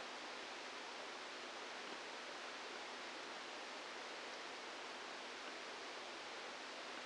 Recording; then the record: brain microelectrode recording played as sound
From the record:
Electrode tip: inside the subthalamic nucleus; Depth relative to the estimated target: 0 mm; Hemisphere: left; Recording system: NeuroSet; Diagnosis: Parkinson's disease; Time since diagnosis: 12 years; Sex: male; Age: 61 years